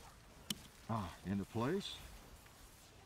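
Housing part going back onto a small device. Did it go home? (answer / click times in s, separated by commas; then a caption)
yes / 0.5 s. A housing part is pressed back onto a small device that has been taken apart several times, and it snaps into place with a sharp, short click at 0.5 s. Someone then talks briefly.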